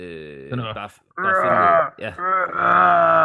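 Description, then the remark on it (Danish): Baby sounds played back at extremely slow speed as the growl of shadow creatures in a film, turning into deep, drawn-out groaning moans: three loud, warbling vocal bursts separated by brief pauses, the last one long and sustained. “Det er lyden af babyer, som bliver spillet på en ekstremt lav hastighed.”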